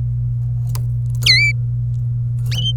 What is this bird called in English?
Domestic Canary